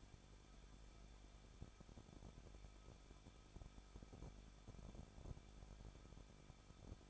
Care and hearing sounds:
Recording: daily activity, microphone in the room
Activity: no activity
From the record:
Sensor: 5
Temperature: 20.8 degrees Celsius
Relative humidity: 38.5%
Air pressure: 1006.5 hPa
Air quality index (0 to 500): 190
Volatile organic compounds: 20 ppm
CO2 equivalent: 2683 ppm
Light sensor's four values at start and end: 2/3/1/1 and 2/3/1/1

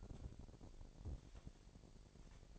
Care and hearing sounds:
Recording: daily activity, microphone in the room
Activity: take from stove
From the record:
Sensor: 5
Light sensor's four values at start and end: 51/113/49/54 and 51/118/50/54

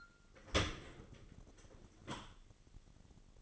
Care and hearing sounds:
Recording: daily activity, microphone in the room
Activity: open dishwasher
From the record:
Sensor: 4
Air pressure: 1003.9 hPa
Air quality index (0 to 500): 147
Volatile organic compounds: 2 ppm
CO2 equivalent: 1050 ppm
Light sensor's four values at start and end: 19/45/19/20 and 20/48/20/21

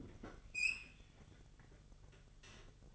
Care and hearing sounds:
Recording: daily activity, microphone in the room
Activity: open fridge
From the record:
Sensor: 4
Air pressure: 1008.5 hPa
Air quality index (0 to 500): 77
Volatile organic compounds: 1 ppm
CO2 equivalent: 637 ppm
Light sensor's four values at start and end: 15/34/14/14 and 13/29/12/13

